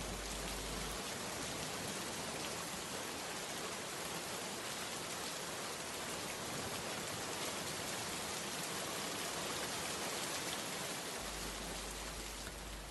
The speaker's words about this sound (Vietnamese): Nói ra cũng thật kỳ quái, Ly thôn đã nhiều năm khô hạn, màn đêm vừa xuống, bỗng nhiên tiếng sấm ì ùng nổi lên, mưa bắt đầu rơi.